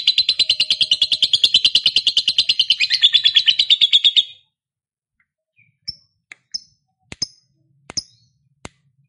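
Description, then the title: Lovebird song, fast buzzy chattering for about four seconds, then silence broken by a few short high chirps and clicks. Lovebird said to be lazy to sing, becoming eager and singing spontaneously, immediately 'narik' (long continuous song). "LOVEBIRD Malas Bunyi JADI GREGET SPONTAN Langsung NARIK"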